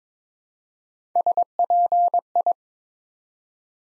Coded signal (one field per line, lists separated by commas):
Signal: Morse code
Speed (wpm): 22 wpm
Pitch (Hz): 700 Hz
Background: none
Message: SPI